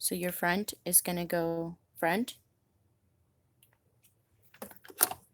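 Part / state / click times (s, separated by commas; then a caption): pod basket into coffee maker pod holder / seated / 5.0 s. Someone talks while holding a plastic K-cup pod basket oriented front-forward for the pod holder of a Betty Crocker single-serve pod coffee maker. After a quiet pause, faint handling noises at 3.6 s and around 4.5–4.9 s lead into a sharp click at 5.0 s as the basket pops into the holder and seats.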